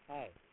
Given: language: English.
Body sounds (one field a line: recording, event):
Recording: throat vibration sensor signal played as sound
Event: speech